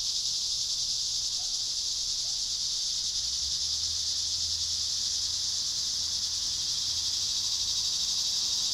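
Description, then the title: Cicadas in a sustained, sizzling high drone at a steady volume, with a faint low rumble in the background. At Trinity. "neoscenes: cicadas at Trinity"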